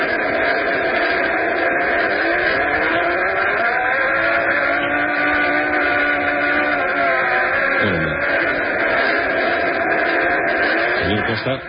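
A Mars recording, called "the Martian motorcycle", with a steady, loud engine-like drone like a motorcycle, where whining tones rise and fall over constant hiss for the full length.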